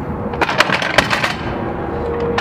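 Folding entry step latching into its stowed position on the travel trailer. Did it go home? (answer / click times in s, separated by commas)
yes / 0.6 s, 1.0 s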